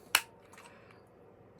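The plastic back cover of a clock insert is pressed onto the movement in a resin clock, giving a single sharp, loud snap at 0.15 s, followed by a much fainter tick near 0.9 s. The cover snaps on and is seated.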